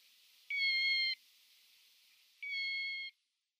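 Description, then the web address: Thick-billed lark calls: two steady, flat, harmonic-rich notes, each lasting about two-thirds of a second, separated by a pause of roughly a second and a quarter. Male thick-billed lark giving calls. "Schulze Peter Thick-billed Lark male calls"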